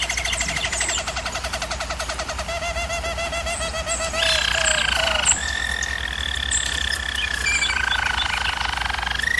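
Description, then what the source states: German Roller canary rolling song, fast pulsed trills that step to a different pitch midway and continue as a smooth, sustained roll. Singing used for canary training.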